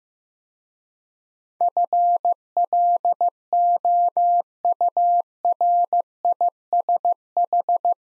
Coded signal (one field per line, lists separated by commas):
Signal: Morse code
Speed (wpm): 15 wpm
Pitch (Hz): 700 Hz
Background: none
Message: FLOURISH